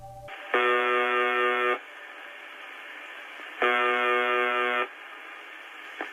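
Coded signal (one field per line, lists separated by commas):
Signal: numbers station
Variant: UVB-76 (The Buzzer)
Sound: two harsh, rasping buzzes of about a second each, separated by static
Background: radio static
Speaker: the creepy and sometimes any coherent broad from uvb-76 sounds like this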